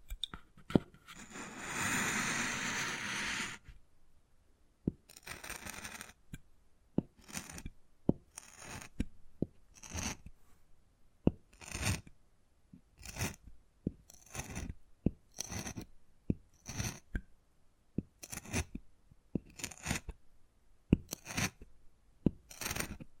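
Wood carving with tapping and scratching. A dense, rough scraping stroke fills roughly the first four seconds, then gives way to a string of short, sharp taps and brief scratches arriving about every second, fairly regular, with quiet gaps between them.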